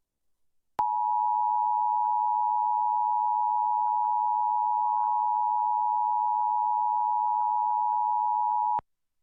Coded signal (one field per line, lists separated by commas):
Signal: Emergency Alert System (SAME) tones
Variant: 853 and 960 Hz attention tone